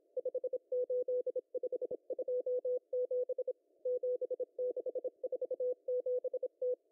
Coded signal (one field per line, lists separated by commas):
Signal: Morse code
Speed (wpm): 26 wpm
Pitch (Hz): 500 Hz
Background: none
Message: 58527 7647T